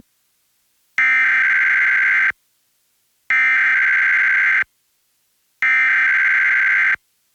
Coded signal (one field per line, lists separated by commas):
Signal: Emergency Alert System (SAME) tones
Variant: header bursts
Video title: EAS #1156-1157: 2 EAS Required Monthly Tests- Mar. 5, 2026- 10:14AM PST